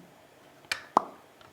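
A plastic LEGO tombstone piece is pressed onto the base of LEGO Hidden Side set 70420. Two sharp plastic snaps are heard at 0.7 s and 1.0 s, followed by a faint tick near 1.4 s. The tombstone clicks into place and is seated.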